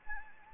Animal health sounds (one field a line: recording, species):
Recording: mosquito wingbeat signal from an infrared sensor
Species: Anopheles arabiensis